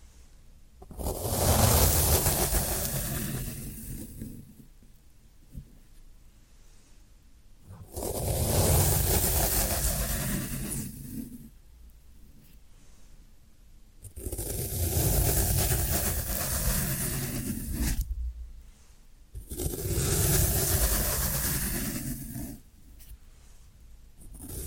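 Floral foam is rubbed and crushed in four long bursts of dry, gritty scraping, each lasting a few seconds, with quieter pauses between them. The crunching is dense and hissy, reaching bright highs with a low rumble underneath.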